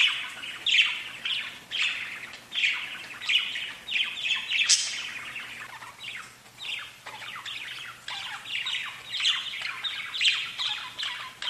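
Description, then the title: Budgerigar warbling, dense and buzzy, made of quick chirps and squeaks that keep flowing with only slight dips in loudness. "Budgie Sounds"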